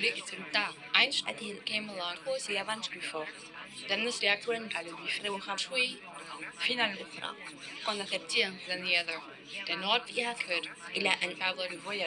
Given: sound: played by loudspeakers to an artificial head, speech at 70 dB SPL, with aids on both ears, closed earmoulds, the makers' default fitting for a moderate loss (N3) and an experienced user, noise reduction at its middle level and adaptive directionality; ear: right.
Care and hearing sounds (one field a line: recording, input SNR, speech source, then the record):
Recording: speech test signal (ISTS) in cocktail-party noise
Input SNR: 0 dB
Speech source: on the right (90 degrees)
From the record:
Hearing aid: class 2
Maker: I